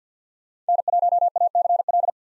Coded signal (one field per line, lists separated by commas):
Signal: Morse code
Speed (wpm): 50 wpm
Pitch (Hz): 700 Hz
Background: none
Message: N1ACL